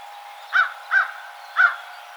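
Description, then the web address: American crow giving three harsh caws in quick succession. Recorded 12 March 2007. "sounds birds American Crow 2007 03 12 American Crow"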